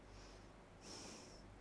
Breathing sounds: one breath in and out by a microphone near the nose and mouth; normal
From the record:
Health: marked as sick, illness not named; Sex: female

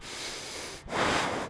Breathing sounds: one breath in and out by a microphone near the nose and mouth; strong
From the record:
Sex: male

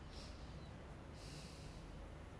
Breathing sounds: one breath in and out by a microphone near the nose and mouth; normal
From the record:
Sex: male

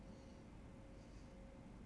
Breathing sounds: one breath in and out by a microphone near the nose and mouth; normal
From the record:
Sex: male

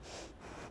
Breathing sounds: one breath in and out by a microphone near the nose and mouth; strong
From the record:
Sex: female

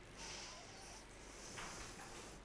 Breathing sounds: one breath in and out by a microphone near the nose and mouth; deep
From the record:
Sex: female

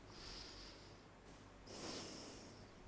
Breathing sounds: one breath in and out by a microphone near the nose and mouth; deep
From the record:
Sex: male

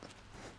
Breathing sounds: one breath in and out by a microphone near the nose and mouth; strong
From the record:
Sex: male

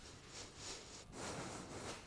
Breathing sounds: one breath in and out by a microphone near the nose and mouth; strong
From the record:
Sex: male

